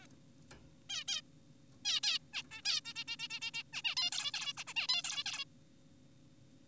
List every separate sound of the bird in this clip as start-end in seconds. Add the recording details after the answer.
0.02-0.06, 0.90-1.04, 1.08-1.22, 1.85-2.00, 2.03-2.19, 2.34-2.42, 2.51-2.62, 2.65-2.81, 2.85-2.94, 2.96-3.04, 3.08-3.16, 3.20-3.28, 3.30-3.40, 3.42-3.51, 3.54-3.63, 3.73-3.82, 3.84-3.95, 3.97-4.10, 4.12-4.32, 4.34-4.53, 4.58-4.64, 4.67-4.74, 4.76-4.87, 4.89-5.02, 5.04-5.24, 5.26-5.44. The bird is an adult. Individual g4p5U